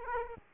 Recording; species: mosquito wingbeat signal from an infrared sensor; Aedes aegypti